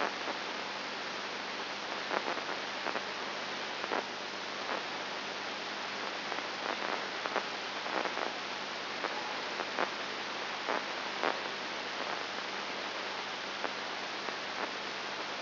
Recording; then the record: brain microelectrode recording played as sound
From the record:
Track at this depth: inside the subthalamic nucleus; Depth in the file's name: 4.501 mm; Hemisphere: left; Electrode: 2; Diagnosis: Parkinson's disease